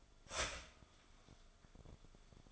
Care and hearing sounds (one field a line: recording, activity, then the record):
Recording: daily activity, microphone in the room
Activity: start toaster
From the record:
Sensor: 5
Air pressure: 1014.8 hPa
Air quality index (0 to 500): 197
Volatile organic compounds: 8 ppm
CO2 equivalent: 2098 ppm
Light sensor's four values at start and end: 15/36/14/13 and 16/36/14/13